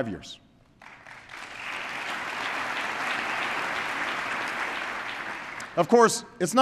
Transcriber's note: applause